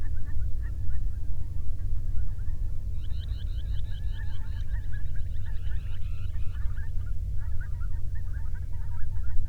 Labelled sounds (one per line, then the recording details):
waterfowl
man-made sound
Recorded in the Prudhoe Bay oil fields, Alaska, on 13 June 2019 at 00:06
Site 24